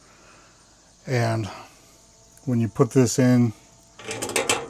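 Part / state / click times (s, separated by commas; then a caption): mounting screw into microwave cabinet screw hole / stripped / 4.4 s, 4.5 s. Someone talks, then a missing mounting screw is driven back into a microwave cabinet's screw hole, with a rattling scrape starting at about 4.0 s and sharp clicks at 4.4 s and 4.5 s. The screw just spins without biting because the hole is completely stripped and bored out, likely from a wrong-size screw put in to begin with, and it is to be filled with toothpicks.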